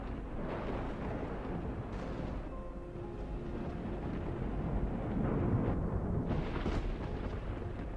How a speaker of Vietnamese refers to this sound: Bất chợt có tiếng sấm rền vang, như tiếng lòng của người con mất mẹ đau xót.